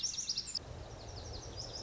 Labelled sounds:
Lazuli Bunting
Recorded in Sonoma County, California

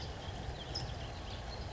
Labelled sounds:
California Towhee
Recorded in Sonoma County, California

